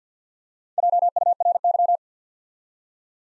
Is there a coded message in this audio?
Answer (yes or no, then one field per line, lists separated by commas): yes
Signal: Morse code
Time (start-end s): 0.8-2.0 s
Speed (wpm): 50 wpm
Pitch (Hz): 700 Hz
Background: none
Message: JURY